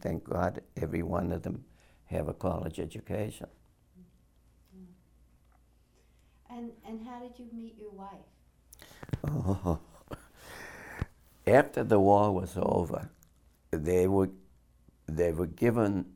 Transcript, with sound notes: Thank God, every one of them have a college education.
And how did you meet your wife?
Oh! [laughs] After the war was over, they were giving